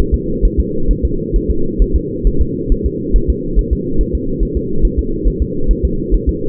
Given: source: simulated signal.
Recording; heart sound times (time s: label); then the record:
fetal heart sounds
0.14 s: S2
0.45 s: S1
0.59 s: S2
0.91 s: S1
1.05 s: S2
1.36 s: S1
1.50 s: S2
1.82 s: S1
1.96 s: S2
2.27 s: S1
2.41 s: S2
2.72 s: S1
2.86 s: S2
3.16 s: S1
3.30 s: S2
3.59 s: S1
3.73 s: S2
4.01 s: S1
4.15 s: S2
4.43 s: S1
4.57 s: S2
4.85 s: S1
4.99 s: S2
5.28 s: S1
5.42 s: S2
5.71 s: S1
5.85 s: S2
6.15 s: S1
6.29 s: S2
From the record:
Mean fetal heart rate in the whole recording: 135 bpm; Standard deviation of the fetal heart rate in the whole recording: 3 bpm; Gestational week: 36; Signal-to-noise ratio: -8.1 dB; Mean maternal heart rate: 72 bpm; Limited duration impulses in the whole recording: absent